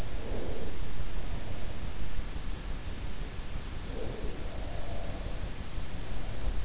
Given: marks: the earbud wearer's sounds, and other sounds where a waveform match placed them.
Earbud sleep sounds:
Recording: sounds in sleep by an in-ear microphone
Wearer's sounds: breath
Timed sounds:
0.00-0.85 s: breath
3.59-4.67 s: breath
4.34-5.73 s: sound from someone else or the room

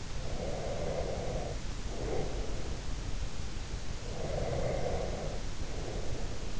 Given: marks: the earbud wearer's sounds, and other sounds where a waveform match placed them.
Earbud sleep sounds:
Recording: sounds in sleep by an in-ear microphone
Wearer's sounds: breath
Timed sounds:
0.16-2.87 s: breath
4.07-6.60 s: breath

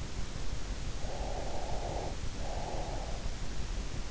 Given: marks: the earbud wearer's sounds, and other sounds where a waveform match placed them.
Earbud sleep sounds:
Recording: sounds in sleep by an in-ear microphone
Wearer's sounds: breath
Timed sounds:
1.06-3.32 s: breath

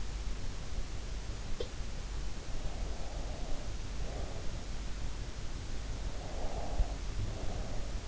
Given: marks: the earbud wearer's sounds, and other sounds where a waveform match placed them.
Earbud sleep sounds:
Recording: sounds in sleep by an in-ear microphone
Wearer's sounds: breath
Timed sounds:
1.56-1.91 s: sound from someone else or the room
3.11-4.61 s: breath
5.91-8.08 s: breath

